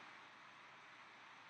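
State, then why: Not seated. A metal Izod impact tester pendulum is raised counterclockwise by hand toward its low latch position. Only steady, broadband hiss-like noise is heard, with no distinct hit. The pendulum has not clicked into the latch yet.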